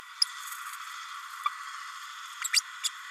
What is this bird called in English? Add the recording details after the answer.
Green-rumped Parrotlet. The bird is a male. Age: 31 days. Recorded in a nest box in Venezuela. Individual 17B32A6